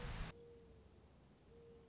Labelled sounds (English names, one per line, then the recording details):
Mourning Dove
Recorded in Sonoma County, California